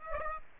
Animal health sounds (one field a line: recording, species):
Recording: mosquito wingbeat signal from an infrared sensor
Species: Aedes aegypti